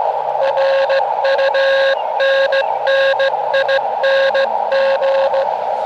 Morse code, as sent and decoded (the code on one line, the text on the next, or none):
.-. ..- -. -. .. -. --.
RUNNING